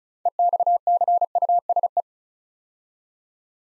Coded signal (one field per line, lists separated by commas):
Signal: Morse code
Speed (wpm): 36 wpm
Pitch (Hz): 700 Hz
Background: none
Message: EXCUSE